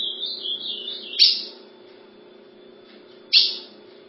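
Ultramarine grosbeak with a brief wavering, warbled phrase, then two sharp, abrupt chip notes about two seconds apart, over a steady low hum.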